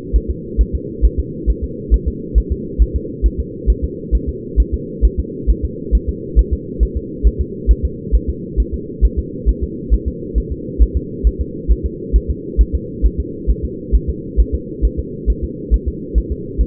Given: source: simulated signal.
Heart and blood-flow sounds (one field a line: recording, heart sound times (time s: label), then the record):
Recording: fetal heart sounds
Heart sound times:
0.16 s: S1
0.30 s: S2
0.61 s: S1
0.75 s: S2
1.05 s: S1
1.20 s: S2
1.50 s: S1
1.64 s: S2
1.94 s: S1
2.08 s: S2
2.38 s: S1
2.52 s: S2
2.82 s: S1
2.96 s: S2
3.26 s: S1
3.40 s: S2
3.70 s: S1
3.84 s: S2
4.15 s: S1
4.29 s: S2
4.60 s: S1
4.74 s: S2
5.05 s: S1
5.19 s: S2
5.50 s: S1
5.65 s: S2
5.95 s: S1
6.09 s: S2
6.39 s: S1
6.53 s: S2
6.83 s: S1
6.97 s: S2
7.27 s: S1
7.41 s: S2
7.71 s: S1
7.85 s: S2
8.15 s: S1
8.29 s: S2
8.60 s: S1
8.74 s: S2
9.05 s: S1
9.19 s: S2
9.49 s: S1
9.63 s: S2
9.94 s: S1
10.08 s: S2
10.38 s: S1
10.52 s: S2
10.82 s: S1
10.97 s: S2
11.27 s: S1
11.41 s: S2
11.72 s: S1
11.86 s: S2
12.16 s: S1
12.30 s: S2
12.61 s: S1
12.75 s: S2
13.06 s: S1
13.20 s: S2
13.50 s: S1
13.65 s: S2
13.95 s: S1
14.10 s: S2
14.40 s: S1
14.55 s: S2
14.85 s: S1
15.00 s: S2
15.30 s: S1
15.44 s: S2
15.74 s: S1
15.88 s: S2
16.18 s: S1
16.32 s: S2
16.61 s: S1
From the record:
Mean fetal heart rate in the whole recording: 135 bpm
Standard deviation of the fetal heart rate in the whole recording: 3 bpm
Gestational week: 34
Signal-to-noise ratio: -4.1 dB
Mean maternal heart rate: no maternal heart sound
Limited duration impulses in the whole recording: absent